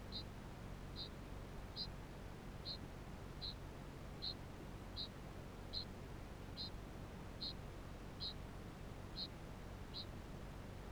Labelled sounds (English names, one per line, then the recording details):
Kākāpō ching call
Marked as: faintness 3/5
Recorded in New Zealand
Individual Barnard